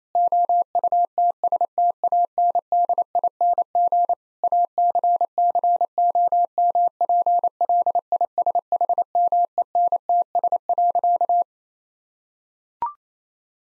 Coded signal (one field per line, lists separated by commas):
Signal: Morse code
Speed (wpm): 28 wpm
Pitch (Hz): 700 Hz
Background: none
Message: OUTSTANDING ACCOMPLISHMENTS.